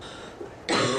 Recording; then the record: coughing mixed with background sound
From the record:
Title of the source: female coughing - coughing sound effects girl